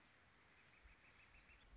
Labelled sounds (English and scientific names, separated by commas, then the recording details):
Northern Flicker (Colaptes auratus)
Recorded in Sonoma County, California